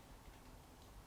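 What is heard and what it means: A double-edge blade is being fitted onto a Smart Helix "Apollo Light" stainless steel DE safety razor, with small nubs fitting into two recesses in the blade before the metal head is closed over it. Faint light ticks sit over a low, steady background hiss, with a sudden sharp sound cut off at the very end of the clip. Nothing has seated or clicked shut yet; the head has not yet gone home.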